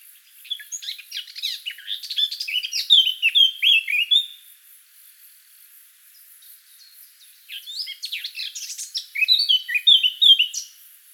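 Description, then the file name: Eurasian blackcap: two full song phrases, each a scratchy jumble of notes ending in clear whistles, separated by a quiet gap of about three seconds. "Sylvia atricapilla"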